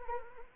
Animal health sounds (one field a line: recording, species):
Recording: mosquito wingbeat signal from an infrared sensor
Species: Anopheles arabiensis